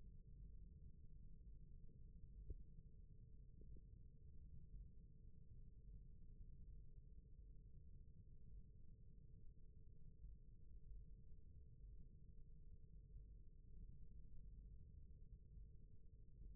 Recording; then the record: forearm muscle sounds (acoustic myography)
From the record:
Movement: rest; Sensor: system 1, eight BSWA MPA416 microphones around the upper forearm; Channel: 1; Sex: male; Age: 28 years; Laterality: right